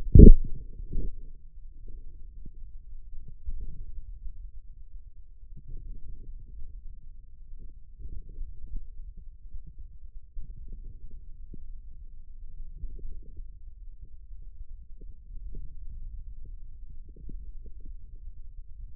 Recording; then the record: forearm muscle sounds (acoustic myography)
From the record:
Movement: outward rotation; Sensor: system 2, bracelet of six BSWA MPA416 microphones around the upper forearm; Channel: 4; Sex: male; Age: 22 years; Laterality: right